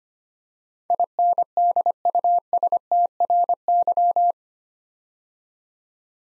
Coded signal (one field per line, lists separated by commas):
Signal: Morse code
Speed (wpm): 25 wpm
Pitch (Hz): 700 Hz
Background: none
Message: INDUSTRY